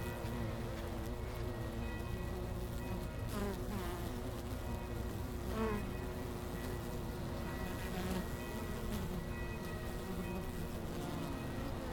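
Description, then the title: Honey bees giving a steady low buzz, with several bees passing in sliding whines, over faint continuous ringing tones. Langel, Köln, Germany; early October, sun gone from the hives; most bees returning to the hive, many white-backed from Himalayan balsam flowers; village church bells ringing in background. "Langel, Köln, Deutschland - Bienen Anfang Oktober. Bees at the beginning of October"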